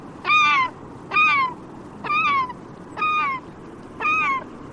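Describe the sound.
Bird calls, five nasal, downward-sliding notes spaced evenly about a second apart against steady low background noise.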